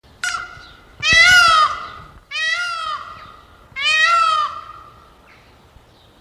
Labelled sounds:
Indian Peafowl (Pavo cristatus) call
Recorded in captivity
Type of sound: call
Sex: male
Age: adult
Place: Zoo Schwerin, Mecklenburg-Vorpommern, DE
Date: 1982-06-15
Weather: wolkig-heiter, 17°C
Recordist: Tembrock, Günter
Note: Rufe

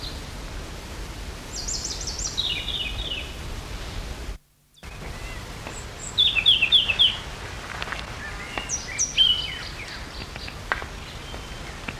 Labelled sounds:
European Robin (Erithacus rubecula) call
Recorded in the wild
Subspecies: superbus
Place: Teneriffa, Kanarische Inseln, Provinz Santa Cruz de Tenerife, ES
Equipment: Halbspur, 9,5 cm/s
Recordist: Lütgens, Hans
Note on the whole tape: Rufe

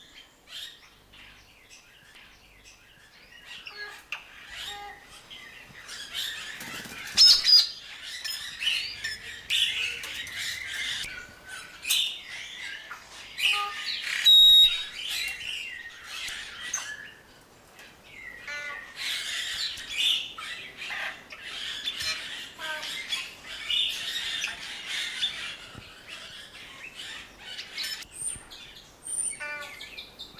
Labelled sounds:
White-necked Myna (Streptocitta albicollis) call
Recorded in captivity
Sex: pair
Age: adult
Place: Zoo Berlin, Berlin, DE
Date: 1997-12-23
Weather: overcast, hazy, ca. 0-2°C
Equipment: Nagra SN, Kopie Uher 4000 Report Monitor
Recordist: Tembrock, Günter

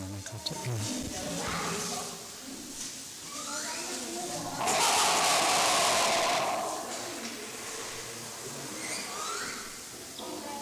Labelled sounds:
Owl-faced Monkey (Cercopithecus hamlyni)
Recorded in captivity
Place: Zoo Leipzig, Sachsen, DE
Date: 2003-10-05 15:40
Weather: bedeckt, 12°C
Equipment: Fair Mate ST-1328 (Asahi Electronics, Japan), Sennheiser ME 80, Kopie Uher 4000 Report Monitor
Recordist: Tembrock, Günter

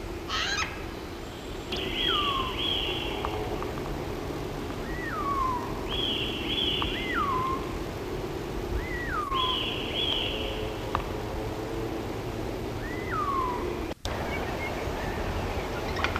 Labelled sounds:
Eurasian Jay (Garrulus glandarius) song
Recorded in the wild
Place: Wegfurt, DE
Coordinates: 50.3972, 10.0869
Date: 1964-04-03
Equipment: Uher Report 4000, AKG D190
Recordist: Krey, Winfried

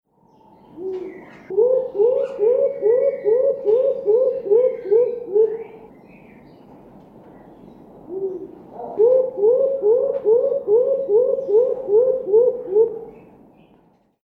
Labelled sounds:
Orange-fronted Fruit Dove (Ptilinopus aurantiifrons)
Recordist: Tembrock, Günter
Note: Lautfolgen

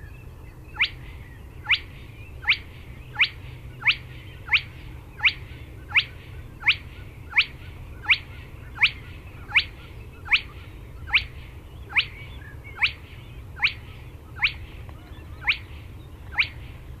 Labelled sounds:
Spotted Crake (Porzana porzana)
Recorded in the wild
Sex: male
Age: adult
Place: Schwedt/Oder, Nationalpark Unteres Odertal, Brandenburg, DE
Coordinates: 53.132, 14.3534
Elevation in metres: 1
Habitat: wetland
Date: 2015-04-23 20:46
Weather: clear, 11°C, almost windless
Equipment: Sound Devices 702, Sennheiser MKH 70, Rycote Windschutz
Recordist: Frommolt, Karl-Heinz
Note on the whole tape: Polder 10, Fläche vor Pumpstation: Rufe eines Tüpfelsumpfhuhns. Nördlichstes der Tiere

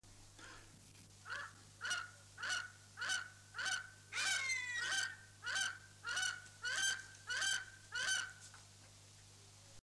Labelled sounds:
Long-legged Buzzard (Buteo rufinus) call, Ferruginous Hawk (Buteo regalis)
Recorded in captivity
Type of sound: call sequence
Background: Buteo regalis
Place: Vogelpark Niendorf, Schleswig-Holstein, DE
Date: 2006-09-28 14:00
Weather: sonnig, 24°C
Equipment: Grundig CR 110, Sennheiser ME 80, Kopie Uher 4000 Report Monitor
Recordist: Tembrock, Günter
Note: 8:21 min)

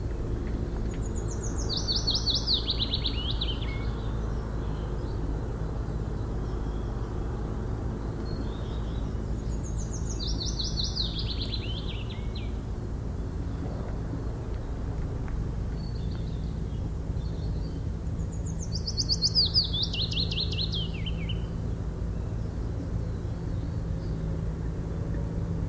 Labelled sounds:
Willow Warbler (Phylloscopus trochilus) song
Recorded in the wild
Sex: male
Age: adult
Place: Burgholz bei Tübingen, Baden-Württemberg, DE
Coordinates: 48.5039, 9.23833
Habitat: thicket
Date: 1966-04-20
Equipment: Nagra III PH, kleiner englischer Parabolspiegel, LGS26
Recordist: Schneider, Hans-Joachim

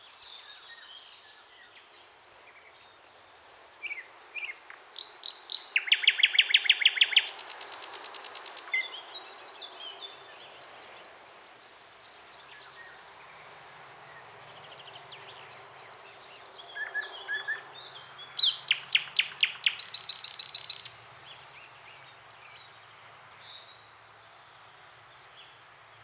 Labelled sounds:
Thrush Nightingale (Luscinia luscinia) song
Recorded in the wild
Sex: male
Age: adult
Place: Nadwarcianski Park Krajobrazowy, Greater Poland Voivodeship, PL
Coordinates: 52.2068, 17.7942
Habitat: Riparian forest
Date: 2017-05-16 09:20
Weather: light cloud, light breeze
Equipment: Marantz PMD660 recorder, Sennheiser ME67 directional microphone
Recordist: Souriau, Abel
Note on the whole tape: Gesang eines Sprosser (spontan), Aufnahme verwendet in: Souriau, A., Reifová, R., Petrusek, A. et al. No evidence for a role of trills in male response to territorial intrusion in a complex singer, the Thrush Nightingale. J Ornithol 162, 865–878 (2021). https://doi.org/10.1007/s10336-021-01879-9

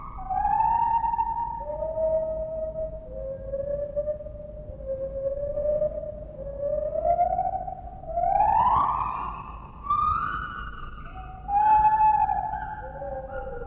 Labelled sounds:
Lar Gibbon (Hylobates lar)
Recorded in captivity
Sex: pair
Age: adult
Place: Zoo Berlin, Berlin, DE
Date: 1960-10-22 12:15
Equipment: Minifon, Kopie Smaragd
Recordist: Tembrock, Günter

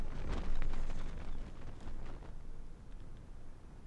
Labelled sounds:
Arctic Fox (Vulpes lagopus)
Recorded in the wild
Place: Insel Mednyi, Kommandeur-Inseln, RU
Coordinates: 54.5167, 168.083
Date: 1999-07-26 19:36
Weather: 12°C, heiter, mäßiger Südwestwind
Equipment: Sony WM-D6C, Sennheiser ME 80, K 30 AV, Windkorb, Kopie Tascam DA 30
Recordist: Jakupi, Antje
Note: Südosten der Insel, Haupttal, Zacke 2: Bellstrophen aus Richtung Südhöhle. Eine Bellstrophe aufgezeichnet - sehr leise

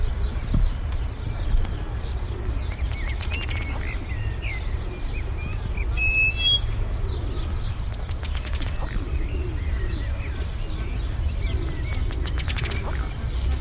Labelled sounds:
Ruddy Duck (Oxyura jamaicensis) courtship call
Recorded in captivity
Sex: male
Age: adult
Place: Tierpark Berlin, Berlin, DE
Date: 1978-04-10 14:45
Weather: sunny, 14°C
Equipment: Uher 4200 Report Stereo, Sennheiser MD 421 HL, Verstärker
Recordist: Tembrock, Günter

